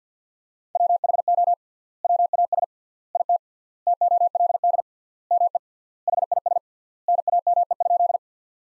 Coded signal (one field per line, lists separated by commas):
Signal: Morse code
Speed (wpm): 48 wpm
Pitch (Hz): 700 Hz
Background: none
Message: WHO WAS IT TOLD ME HIS NAME?